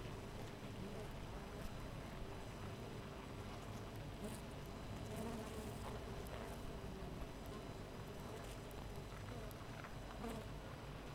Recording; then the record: honeybee colony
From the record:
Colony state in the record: missing queen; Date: 14 July 2017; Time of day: 5:57